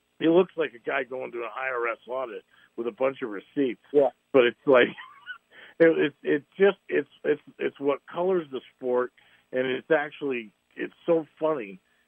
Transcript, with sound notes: he looks like a guy going through an IRS audit with a bunch of receipts.
Yeah.
But it's like, (laughs) it, it's, it's just, it's, it's, it's what colors the sport, and it's actually, it's so funny.